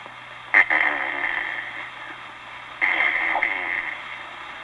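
Adult man imitating snoring: a light, thin inspiratory snore, classed as type 4A, the 'blonde' type of varied inspirational snore, in a comic imitation.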